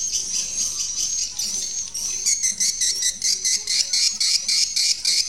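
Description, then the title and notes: Swiftlet calls in a busy high-pitched chatter that becomes a rapid, choppy run of chirps in the second half. Swiftlet sounds used in swiftlet farming in Asia. "Swiflet Bird Sound. Farming Swiflet Bird asia sound"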